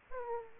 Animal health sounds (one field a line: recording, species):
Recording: mosquito wingbeat signal from an infrared sensor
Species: Aedes aegypti